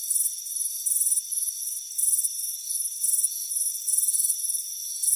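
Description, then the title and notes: High cricket chirps pulse in uneven bursts, some longer and louder, over a continuous thin insect trill. Crickets chirping on a warm afternoon on a front porch. "Soothing Crickets Chirping Sound. It's a warm afternoon as you relax in a hammock on the front porch. Relax and fall asleep to the soothing sound of chirping crickets. Deep Sleep Sounds"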